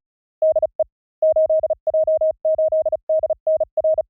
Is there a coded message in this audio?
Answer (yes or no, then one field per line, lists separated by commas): yes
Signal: Morse code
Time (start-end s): 0.4-4.0 s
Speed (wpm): 34 wpm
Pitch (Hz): 630 Hz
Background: none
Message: DE 8J8DNR